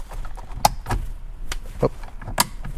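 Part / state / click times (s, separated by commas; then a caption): driver airbag module into steering wheel / seated / 0.7 s, 2.4 s. A driver airbag module, with its connector already plugged in, is pressed into a new carbon fiber steering wheel on a BMW M4 (F80/F82/F87). It locks in with two sharp clicks, one on each side, at 0.7 s and 2.4 s, among quieter handling knocks and rustling. The module is seated.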